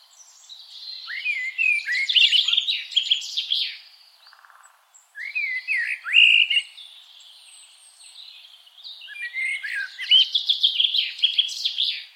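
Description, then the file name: Eurasian blackbird song: three bursts of rapid, buzzy high twittering mixed with short whistled slurs, each lasting a few seconds and separated by quieter gaps. "Turdus merula"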